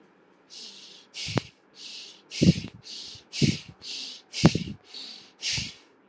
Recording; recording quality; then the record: shallow breathing; excellent, no background noise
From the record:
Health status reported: exposed to COVID-19, no respiratory illness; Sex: male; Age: 29 years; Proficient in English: yes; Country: India